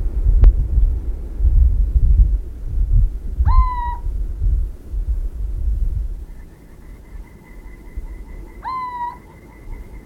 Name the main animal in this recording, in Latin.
Athene noctua